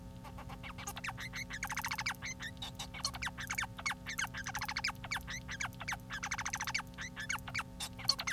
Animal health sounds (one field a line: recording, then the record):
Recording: song of a male Bengalese finch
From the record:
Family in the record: son of father 4